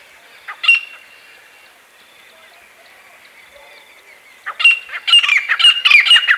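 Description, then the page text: Grey francolin: a harsh note, then several seconds of near quiet, followed by a loud burst of rapid, squawking repeated notes. "Grey Francolin Calls. Quick Sounds"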